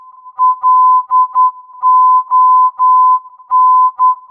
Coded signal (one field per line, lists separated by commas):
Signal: Morse code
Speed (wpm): 10 wpm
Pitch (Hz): 1010 Hz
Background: music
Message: LON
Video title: London "LON" VHF omnidirectional range - AM 113.6 MHz